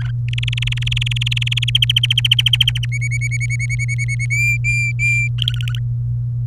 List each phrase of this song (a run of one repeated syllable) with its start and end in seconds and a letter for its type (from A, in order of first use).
0.00-0.10 A, 0.28-1.70 B, 1.75-2.85 C, 2.92-4.26 D, 4.30-5.28 E, 5.38-5.79 F